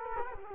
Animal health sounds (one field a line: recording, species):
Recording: mosquito wingbeat signal from an infrared sensor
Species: Culex quinquefasciatus